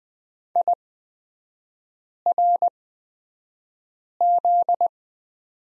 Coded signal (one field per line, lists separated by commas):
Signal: Morse code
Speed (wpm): 20 wpm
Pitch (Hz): 700 Hz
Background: none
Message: IRZ